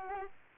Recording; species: mosquito wingbeat signal from an infrared sensor; Aedes albopictus